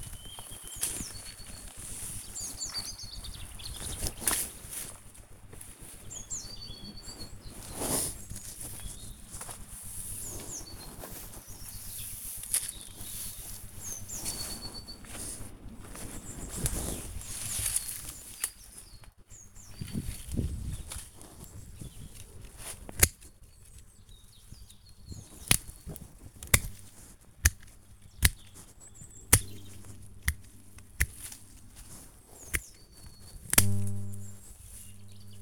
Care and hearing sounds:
household activities, microphone on the right wrist
5.73-35.42 s: cutting wood

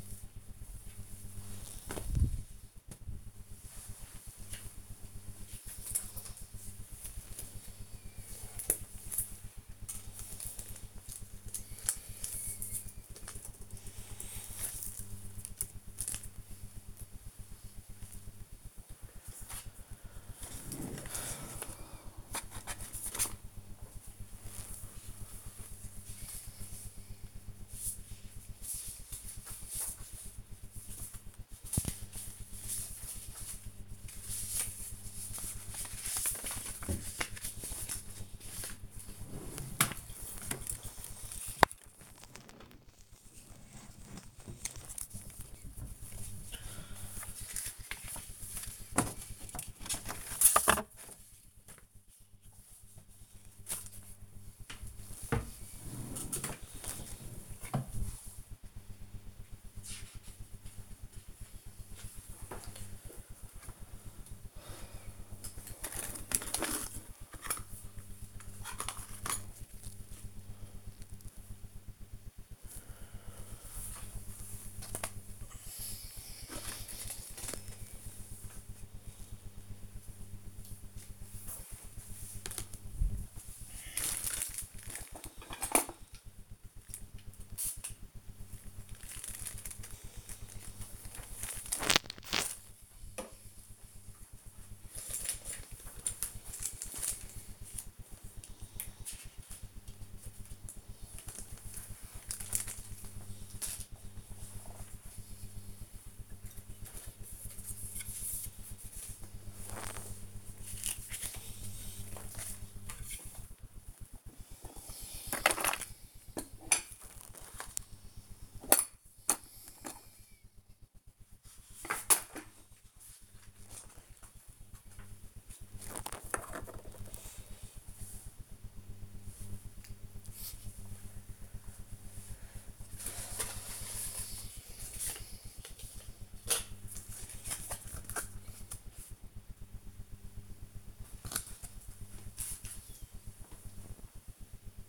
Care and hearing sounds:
household activities, microphone on the right wrist
0.00-16.17 s: sorting documents
23.20-144.89 s: sorting documents

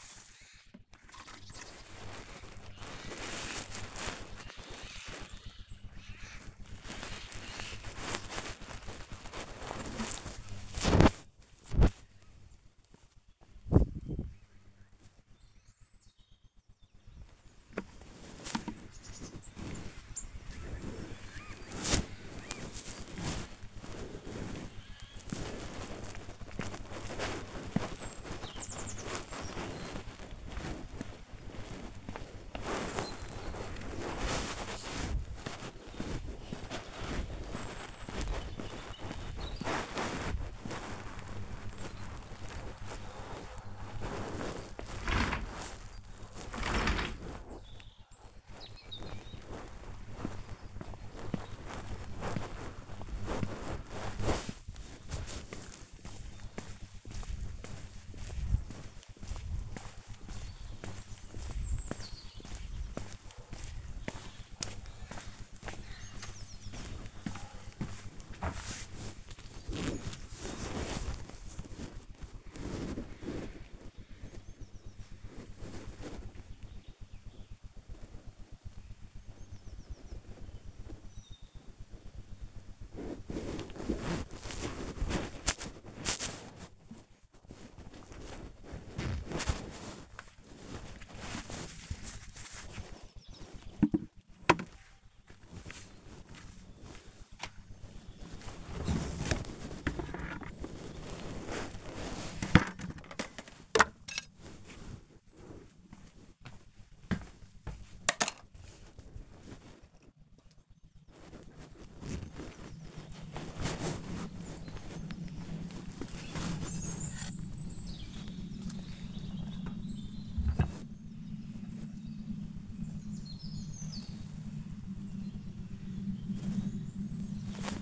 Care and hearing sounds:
household activities, microphone on the right wrist
0.00-127.82 s: working in the garden

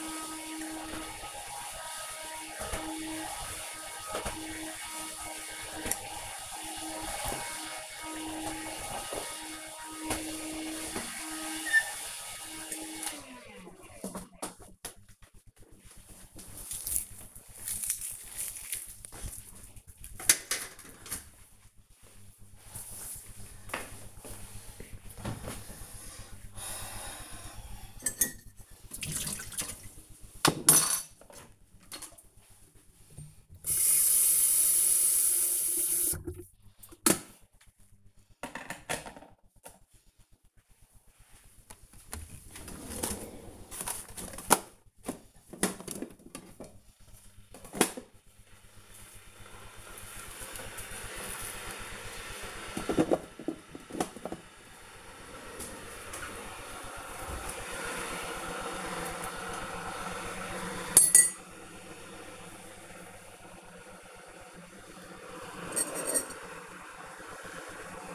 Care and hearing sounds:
household activities, microphone on the right wrist
0.00-12.86 s: vacuum cleaning
28.96-68.15 s: making tea

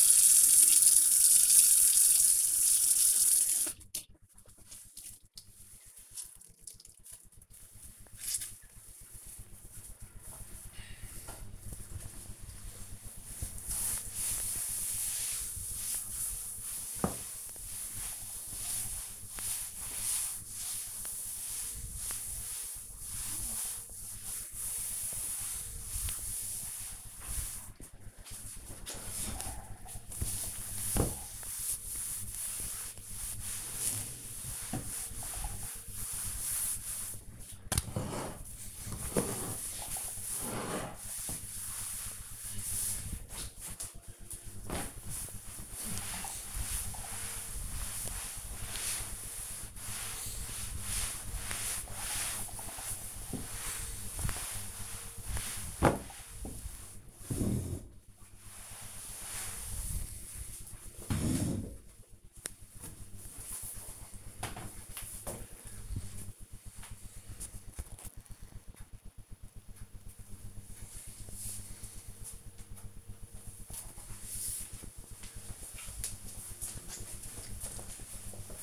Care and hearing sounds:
household activities, microphone on the right wrist
0.00-61.35 s: cleaning table

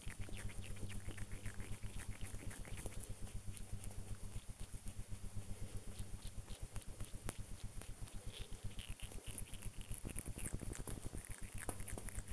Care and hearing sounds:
household activities, microphone on the right wrist
0.00-12.33 s: brushing teeth

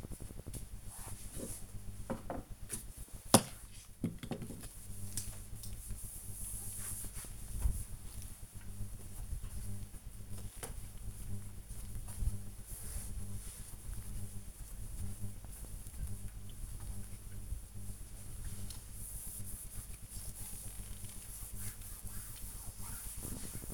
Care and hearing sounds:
household activities, microphone on the right wrist
0.00-23.74 s: dusting furniture

